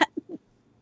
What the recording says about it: Do you know how to do that weird silent sneeze? I learned how to hold them in when Ellie was a baby. She would have fallen asleep and I needed to sneeze.